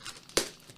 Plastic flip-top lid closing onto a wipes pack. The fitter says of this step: it locks perfectly and